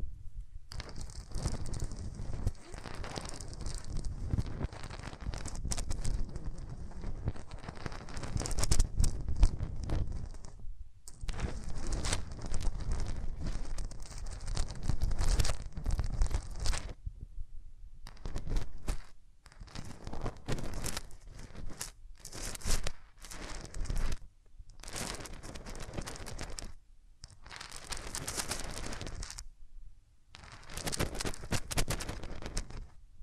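Hands rub over the microphone in long, dense stretches of rough, crinkly friction, full from low thumps up to bright hiss. The rubbing runs in bursts of a few seconds, broken by brief dead silences that come more often in the second half. No talking is heard.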